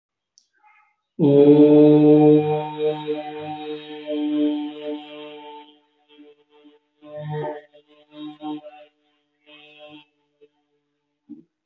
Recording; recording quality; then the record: sustained vowel as in boot; excellent, no background noise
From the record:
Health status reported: healthy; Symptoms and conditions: none ticked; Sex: male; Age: 21 years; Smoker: not ticked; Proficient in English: yes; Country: India